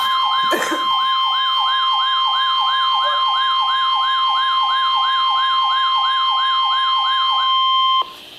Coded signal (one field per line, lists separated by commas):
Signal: Emergency Alert System (SAME) tones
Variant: 1050 Hz attention tone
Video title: Severe T'Storm Warning (EAS #551)